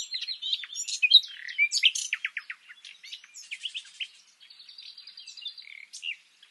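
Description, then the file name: Common nightingale with varied, jumbled chattering phrases, mixing sharp chips, short trills and a rapid run of softer repeated notes. "Luscinia megarhynchos"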